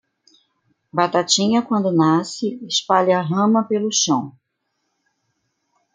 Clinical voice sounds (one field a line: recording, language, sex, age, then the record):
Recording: short text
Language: Brazilian Portuguese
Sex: female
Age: 50 to 59 years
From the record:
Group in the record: control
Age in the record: 53 years